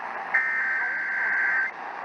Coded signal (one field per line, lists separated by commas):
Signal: Emergency Alert System (SAME) tones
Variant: header bursts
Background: speech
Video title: TESTING GALORE... EAS Tests from October 2022 (EAS #1,646-1,704)